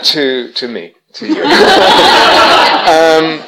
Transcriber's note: laughter